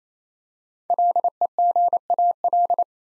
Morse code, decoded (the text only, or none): LEGAL